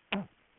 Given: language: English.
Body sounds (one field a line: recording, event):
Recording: throat vibration sensor signal played as sound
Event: throat clearing